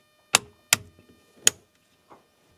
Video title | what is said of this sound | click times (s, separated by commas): 2015 Subaru clock spring replacement and codes - KingBolen Edaig Elite | so clock spring is snapped in place let's plug in steering angle sensor | 0.4 s, 0.7 s, 1.5 s